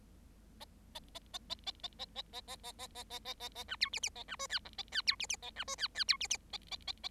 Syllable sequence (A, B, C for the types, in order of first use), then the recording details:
A A A A A A A A A A A A A A A A A A B C D D A B E F G A F C D D A B E F F C D D A A A A. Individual Bird7